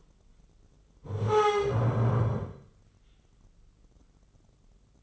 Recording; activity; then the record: daily activity, microphone in the room; stand up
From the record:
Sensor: 4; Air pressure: 996.7 hPa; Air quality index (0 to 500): 240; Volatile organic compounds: 332 ppm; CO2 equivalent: 4548 ppm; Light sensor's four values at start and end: 44/109/45/45 and 44/109/45/44